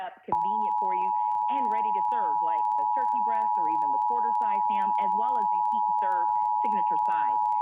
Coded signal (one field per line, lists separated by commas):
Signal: Emergency Alert System (SAME) tones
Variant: 853 and 960 Hz attention tone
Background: speech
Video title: EAS: Pennsylvania Required Monthly Tests (11/19/20)(EAS #511-518)